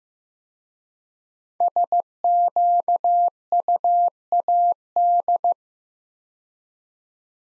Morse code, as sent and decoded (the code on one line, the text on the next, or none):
... --.- ..- .- -..
SQUAD